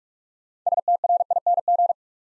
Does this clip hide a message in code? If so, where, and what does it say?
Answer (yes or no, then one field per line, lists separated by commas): yes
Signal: Morse code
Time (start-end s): 0.7-1.9 s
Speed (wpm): 44 wpm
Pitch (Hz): 700 Hz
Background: none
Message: STRING